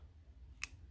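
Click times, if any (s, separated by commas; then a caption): 0.6 s. The crimped terminal pin on the blue high beam wire of a Morimoto MotoControl 9007/9004 relay harness is pushed, clip facing up, into a cavity of the plastic headlight plug housing. A single sharp, bright snap sounds at 0.6 s over a low background hum. The pin seats in the housing.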